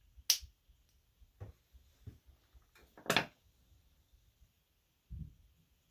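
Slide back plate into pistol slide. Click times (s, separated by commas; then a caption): 0.3 s. While reassembling a Glock 19 pistol slide, the firing pin and the other pin are held down and the metal/polymer slide back plate is slid up into place. A sharp click at 0.3 s marks the back plate seating into the slide, followed by a few softer handling knocks and another sharp snap near 3.1 s. The back plate is seated.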